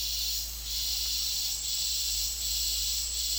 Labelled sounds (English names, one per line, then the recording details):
none
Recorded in dense forest near Puerto Asís, Putumayo, Colombia, on 9 March 2025 at 15:00
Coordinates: 0.503, -76.323
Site GP09